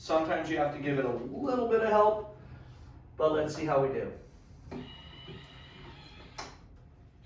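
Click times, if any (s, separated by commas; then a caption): 6.4 s. A shockwave therapy applicator is inserted into the machine's port, and a motor draws it in until it latches. Someone talks, then a motorized whirring with a steady tone runs from about 4.7 s. A single sharp click lands at 6.4 s as the applicator seats and couples with the machine.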